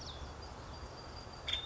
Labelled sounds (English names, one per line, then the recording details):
Nuttall's Woodpecker
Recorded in Sonoma County, California